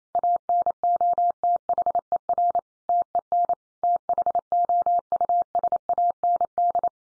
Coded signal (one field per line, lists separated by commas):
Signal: Morse code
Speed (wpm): 28 wpm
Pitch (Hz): 700 Hz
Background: none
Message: ANOTHER TEN THOUSAND